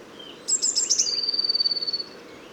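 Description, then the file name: Eurasian blue tit song phrase, a handful of sharp high notes leading into a rapid, steady trill around one second long, with low rumbling noise beneath. "Cyanistes caeruleus"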